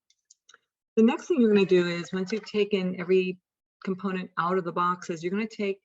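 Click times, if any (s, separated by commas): 0.3 s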